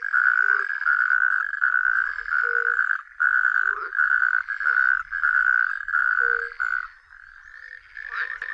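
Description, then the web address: Natterjack toad producing long rasping rattles in bursts separated by short pauses, quieter near the end, with occasional low tonal notes. "Tajemnice puszczy Ropucha piaskówka"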